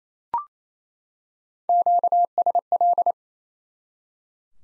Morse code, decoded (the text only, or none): QSL